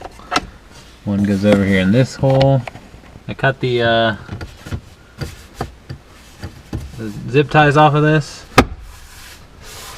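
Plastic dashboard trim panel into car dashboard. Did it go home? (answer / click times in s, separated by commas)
yes / 8.6 s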